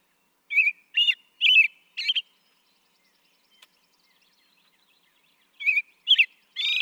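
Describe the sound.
American robin song: short caroling phrases of rich warbled notes, four in quick succession, a pause of several seconds, then three more phrases.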